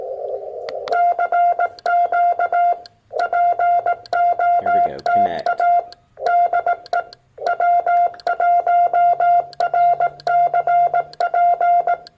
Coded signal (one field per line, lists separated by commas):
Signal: Morse code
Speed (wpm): 18 wpm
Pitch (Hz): 700 Hz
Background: none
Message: CQ POTA DE W1RCP